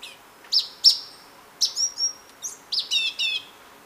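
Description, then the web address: Orange-bellied euphonia song of high sharp chips with thin whistled tones, ending in a few buzzy notes. Ecuador. "Natures Songs S America Birds of Ecuador Orange-bellied Euphonia"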